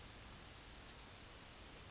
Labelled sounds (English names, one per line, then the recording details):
Yellowhammer song
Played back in grassland
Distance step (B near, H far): F
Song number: 043